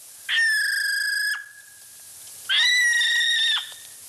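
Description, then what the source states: Okarito brown kiwi calling: two long, shrill, reedy whistles, each about a second, separated by a short pause. Unsettling call of a New Zealand bird; replayed as an example in a quiz recap.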